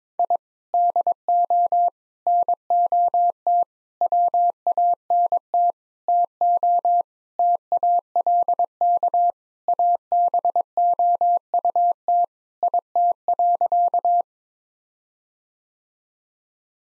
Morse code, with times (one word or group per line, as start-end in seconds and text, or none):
0.2-0.4 I
0.7-1.9 DO
2.3-3.6 NOT
4.0-5.7 WANT
6.1-7.0 TO
7.4-9.3 TALK
9.7-12.2 ABOUT
12.6-14.2 IT.